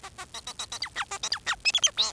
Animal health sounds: song of a male Bengalese finch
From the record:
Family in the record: son of father 4

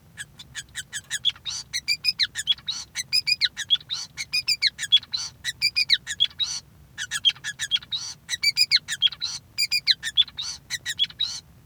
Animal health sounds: song of a male Bengalese finch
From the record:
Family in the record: son of father 5

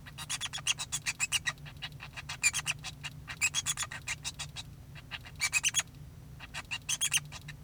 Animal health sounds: song of a male Bengalese finch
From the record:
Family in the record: son of father 2

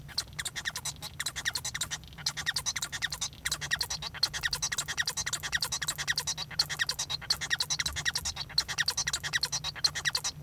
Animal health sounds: song of a male Bengalese finch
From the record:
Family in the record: son of father 1

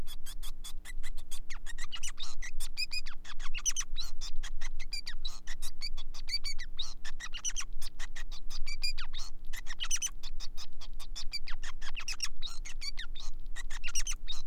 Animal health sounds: song of a male Bengalese finch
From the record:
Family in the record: son of father 5

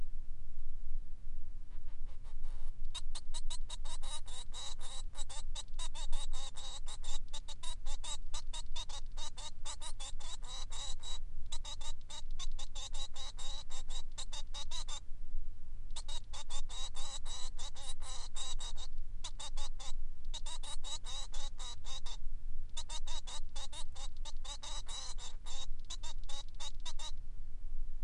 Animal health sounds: song of a male Bengalese finch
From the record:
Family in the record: son of father 3

